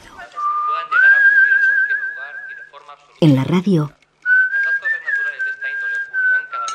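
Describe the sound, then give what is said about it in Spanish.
Someone whistles a long, steady tone that rises briefly and then holds, breaks off for a burst of speech, then whistles another sustained, level note, with talking murmuring underneath throughout. “Silbido.”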